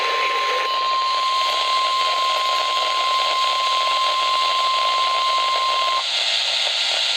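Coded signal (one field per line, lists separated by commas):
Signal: Emergency Alert System (SAME) tones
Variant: 1050 Hz attention tone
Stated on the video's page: Severe thunderstorm warning received on NOAA Weather Radio stations on 162.400, 162.450 and 162.550 MHz.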